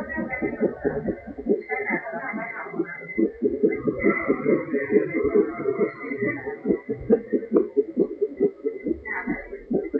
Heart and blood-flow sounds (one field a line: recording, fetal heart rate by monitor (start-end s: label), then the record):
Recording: fetal heart sounds by stethoscope on the mother's abdomen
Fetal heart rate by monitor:
0.00-10.00 s: 138 bpm
From the record:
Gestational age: 40 weeks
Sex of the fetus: boy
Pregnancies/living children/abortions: 2/1/0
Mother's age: 30 years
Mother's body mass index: 31.2